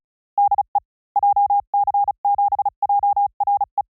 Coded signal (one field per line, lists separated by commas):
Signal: Morse code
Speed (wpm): 36 wpm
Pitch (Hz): 810 Hz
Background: none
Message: DE JC7JRE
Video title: Morse CW Training JP Random Callsign Speed from 35 to 45 WPM 300 Calls Sampling Rate 44100